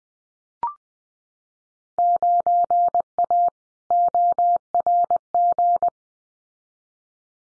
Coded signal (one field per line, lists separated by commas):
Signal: Morse code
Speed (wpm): 20 wpm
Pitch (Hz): 700 Hz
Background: none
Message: 9A ORG